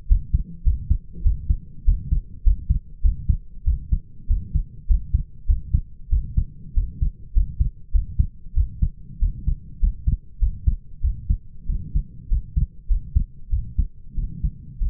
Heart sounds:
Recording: heart sounds by stethoscope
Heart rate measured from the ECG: 98 bpm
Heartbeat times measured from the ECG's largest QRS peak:
0.09 s: heartbeat
0.65 s: heartbeat
1.24 s: heartbeat
1.86 s: heartbeat
2.44 s: heartbeat
3.03 s: heartbeat
3.65 s: heartbeat
4.28 s: heartbeat
4.88 s: heartbeat
5.47 s: heartbeat
6.10 s: heartbeat
6.75 s: heartbeat
7.34 s: heartbeat
7.92 s: heartbeat
8.55 s: heartbeat
9.20 s: heartbeat
9.81 s: heartbeat
10.40 s: heartbeat
11.02 s: heartbeat
11.67 s: heartbeat
12.29 s: heartbeat
12.88 s: heartbeat
13.50 s: heartbeat
14.16 s: heartbeat
14.79 s: heartbeat
From the record:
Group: healthy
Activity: rest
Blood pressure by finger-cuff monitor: 126/60 mmHg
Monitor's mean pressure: 80 mmHg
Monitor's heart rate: 99 bpm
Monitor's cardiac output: 8.4 L/min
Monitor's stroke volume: 84 mL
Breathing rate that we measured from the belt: 24 breaths a minute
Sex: male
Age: 22 years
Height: 181 cm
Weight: 60 kg

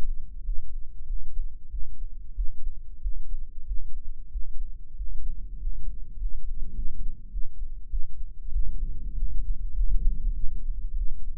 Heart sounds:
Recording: heart sounds by microphone in the right ear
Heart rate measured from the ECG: 97 bpm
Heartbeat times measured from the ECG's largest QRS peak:
0.41 s: heartbeat
1.04 s: heartbeat
1.68 s: heartbeat
2.33 s: heartbeat
2.99 s: heartbeat
3.64 s: heartbeat
4.29 s: heartbeat
4.94 s: heartbeat
5.57 s: heartbeat
6.16 s: heartbeat
6.73 s: heartbeat
7.29 s: heartbeat
7.88 s: heartbeat
8.50 s: heartbeat
9.13 s: heartbeat
9.71 s: heartbeat
10.32 s: heartbeat
10.94 s: heartbeat
From the record:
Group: healthy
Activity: rest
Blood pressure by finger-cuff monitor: 116/83 mmHg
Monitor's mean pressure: 96 mmHg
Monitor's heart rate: 101 bpm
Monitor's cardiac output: 6.7 L/min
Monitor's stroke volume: 69 mL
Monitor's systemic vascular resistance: 1060 dyn s/cm5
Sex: male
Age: 21 years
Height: 180 cm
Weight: 67.5 kg

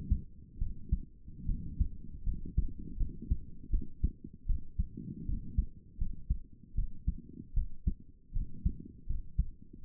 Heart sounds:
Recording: heart sounds by stethoscope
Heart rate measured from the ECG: 78 bpm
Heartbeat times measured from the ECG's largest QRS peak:
0.58 s: heartbeat
1.45 s: heartbeat
2.23 s: heartbeat
2.97 s: heartbeat
3.70 s: heartbeat
4.46 s: heartbeat
5.25 s: heartbeat
5.98 s: heartbeat
6.75 s: heartbeat
7.54 s: heartbeat
8.33 s: heartbeat
9.06 s: heartbeat
9.83 s: heartbeat
From the record:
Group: healthy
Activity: rest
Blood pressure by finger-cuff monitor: 140/76 mmHg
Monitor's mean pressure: 96 mmHg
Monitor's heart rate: 77 bpm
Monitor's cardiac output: 7.1 L/min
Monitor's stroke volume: 93 mL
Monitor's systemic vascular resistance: 990 dyn s/cm5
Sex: female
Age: 22 years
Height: 154 cm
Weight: 58.7 kg

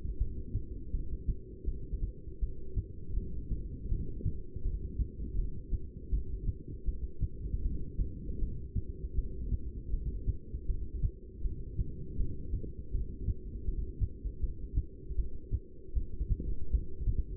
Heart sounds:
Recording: heart sounds by stethoscope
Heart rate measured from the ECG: 80 bpm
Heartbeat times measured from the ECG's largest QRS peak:
0.20 s: heartbeat
0.93 s: heartbeat
1.67 s: heartbeat
2.41 s: heartbeat
3.16 s: heartbeat
3.90 s: heartbeat
4.64 s: heartbeat
5.37 s: heartbeat
6.12 s: heartbeat
6.87 s: heartbeat
7.64 s: heartbeat
8.41 s: heartbeat
9.17 s: heartbeat
9.92 s: heartbeat
10.68 s: heartbeat
11.43 s: heartbeat
12.18 s: heartbeat
12.93 s: heartbeat
13.67 s: heartbeat
14.42 s: heartbeat
15.17 s: heartbeat
15.95 s: heartbeat
16.72 s: heartbeat
From the record:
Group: heart failure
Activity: rest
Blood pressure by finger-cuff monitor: 176/119 mmHg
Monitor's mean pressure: 141 mmHg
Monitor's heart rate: 80 bpm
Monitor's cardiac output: 7.8 L/min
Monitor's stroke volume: 96 mL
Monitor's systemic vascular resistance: 1390 dyn s/cm5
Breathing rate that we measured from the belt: 14 breaths a minute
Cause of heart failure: non-ischemic cardiomyopathy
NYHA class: 1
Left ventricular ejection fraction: 62%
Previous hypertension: present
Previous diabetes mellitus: present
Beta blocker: bisoprolol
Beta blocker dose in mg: 10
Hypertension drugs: sacubitril-valsartan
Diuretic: furosemide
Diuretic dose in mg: 20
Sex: male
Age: 49 years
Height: 167 cm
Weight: 110 kg

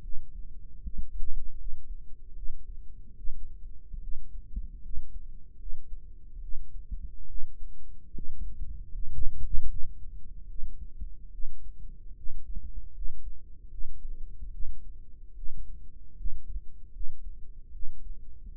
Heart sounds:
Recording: heart sounds by microphone in the right ear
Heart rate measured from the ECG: 74 bpm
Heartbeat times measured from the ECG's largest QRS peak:
0.00 s: heartbeat
0.80 s: heartbeat
1.56 s: heartbeat
2.33 s: heartbeat
3.15 s: heartbeat
3.99 s: heartbeat
4.80 s: heartbeat
5.57 s: heartbeat
6.40 s: heartbeat
7.26 s: heartbeat
8.12 s: heartbeat
8.90 s: heartbeat
9.67 s: heartbeat
10.47 s: heartbeat
11.31 s: heartbeat
12.14 s: heartbeat
12.92 s: heartbeat
13.69 s: heartbeat
14.50 s: heartbeat
15.34 s: heartbeat
16.15 s: heartbeat
16.91 s: heartbeat
17.71 s: heartbeat
18.55 s: heartbeat
From the record:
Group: healthy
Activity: rest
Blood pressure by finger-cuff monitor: 106/55 mmHg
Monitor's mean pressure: 72 mmHg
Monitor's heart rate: 74 bpm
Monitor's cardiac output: 7 L/min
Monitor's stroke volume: 95 mL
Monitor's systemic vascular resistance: 740 dyn s/cm5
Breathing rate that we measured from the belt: 16 breaths a minute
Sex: female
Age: 22 years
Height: 160 cm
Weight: 63 kg

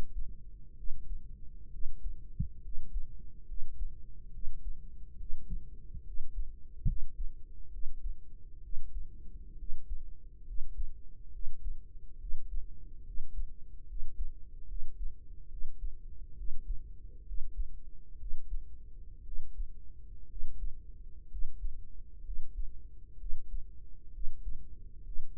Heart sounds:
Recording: heart sounds by microphone in the right ear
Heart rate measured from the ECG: 67 bpm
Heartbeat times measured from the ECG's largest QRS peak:
0.73 s: heartbeat
1.68 s: heartbeat
2.59 s: heartbeat
3.43 s: heartbeat
4.29 s: heartbeat
5.15 s: heartbeat
6.01 s: heartbeat
6.83 s: heartbeat
7.68 s: heartbeat
8.59 s: heartbeat
9.54 s: heartbeat
10.42 s: heartbeat
11.29 s: heartbeat
12.16 s: heartbeat
13.01 s: heartbeat
13.84 s: heartbeat
14.64 s: heartbeat
15.46 s: heartbeat
16.33 s: heartbeat
17.22 s: heartbeat
18.15 s: heartbeat
19.21 s: heartbeat
20.25 s: heartbeat
21.26 s: heartbeat
22.20 s: heartbeat
23.15 s: heartbeat
24.09 s: heartbeat
25.01 s: heartbeat
From the record:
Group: healthy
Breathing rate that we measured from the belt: 16 breaths a minute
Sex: female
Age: 23 years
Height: 160 cm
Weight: 50.4 kg

